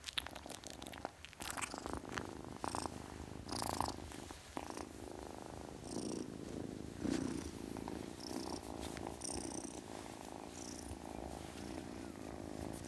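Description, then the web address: Domestic cat purring, an even low throaty rumble with breathy swells and some rustling and crackling handling sounds. Ten-week-old domestic kitten, purring. "BBC Sound Effects Library Cats Ten Week Old Kitten, Purring"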